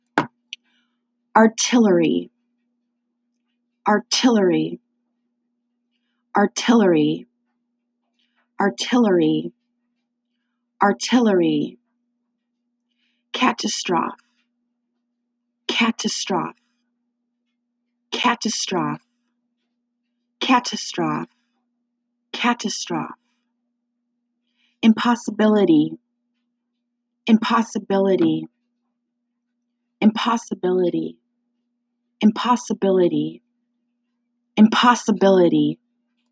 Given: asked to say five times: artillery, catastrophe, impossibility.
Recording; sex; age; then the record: three words, each repeated; female; 40 to 49 years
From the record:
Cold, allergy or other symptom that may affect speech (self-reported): no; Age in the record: 40 years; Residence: Ohio, United States